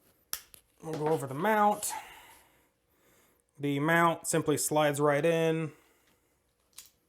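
An Olight Odin weapon light's mount is handled and slid onto a firearm rail while someone talks, with a couple of brief sharp handling sounds near 0.3 s and 0.5 s and a faint tick near 6.8 s. The clip ends before the mount goes home, so nothing has seated or clicked yet.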